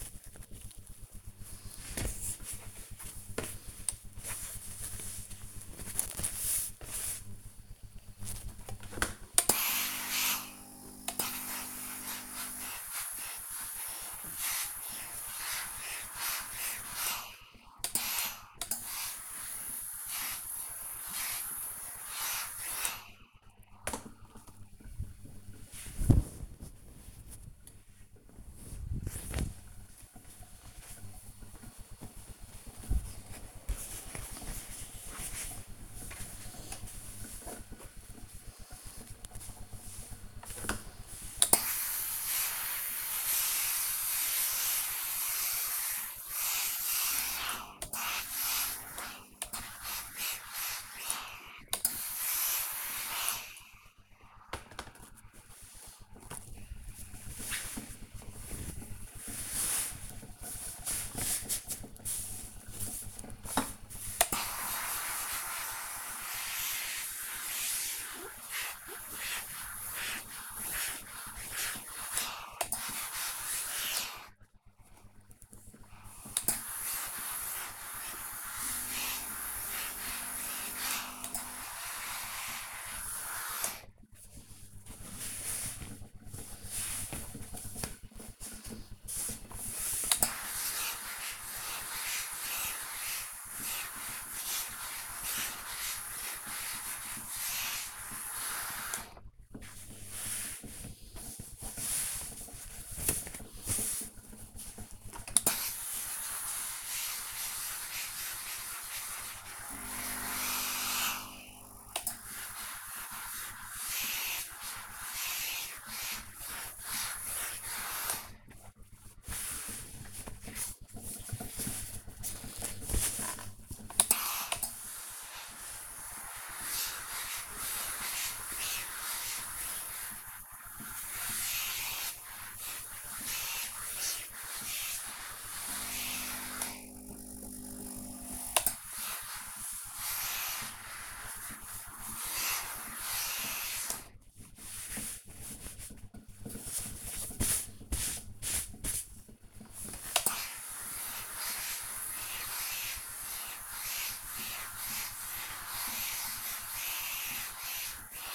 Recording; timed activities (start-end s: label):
household activities, microphone on the right wrist
0.00-158.35 s: ironing laundry